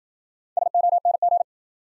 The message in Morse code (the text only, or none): SONG